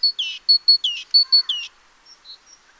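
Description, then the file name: Great tit calling: crisp high whistled notes interspersed with lower, harsh, buzzy churrs, then a few faint soft notes trailing off. "Parus major"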